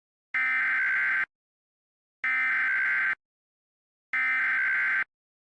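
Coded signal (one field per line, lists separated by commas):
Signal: Emergency Alert System (SAME) tones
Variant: header bursts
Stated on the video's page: Fictional EAS scenario made as a mock alert, not a real broadcast.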